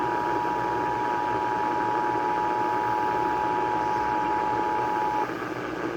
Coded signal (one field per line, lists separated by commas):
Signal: Emergency Alert System (SAME) tones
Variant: 853 and 960 Hz attention tone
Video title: Tennessee Monthly Test On WLAC-AM 12/06/2022 (EAS #1,781)